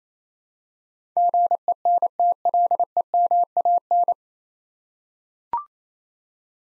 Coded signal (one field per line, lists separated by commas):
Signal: Morse code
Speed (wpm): 27 wpm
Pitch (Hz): 700 Hz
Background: none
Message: GENTLEMAN